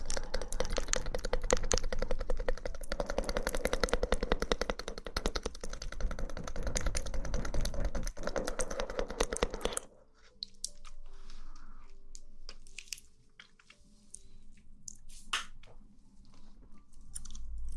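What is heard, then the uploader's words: Mouth sounds: for the first ten seconds a dense, rapid stream of wet clicks and crackles runs on without pause. It then cuts off abruptly, leaving a quieter stretch of scattered smacks and soft clicks, with one sharper click near fifteen seconds. Mouth Sounds.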